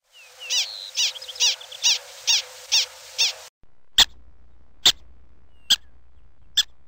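Prairie dog calls: a run of seven sharp, high chirping barks about every half second, followed by a few brief clicking sounds.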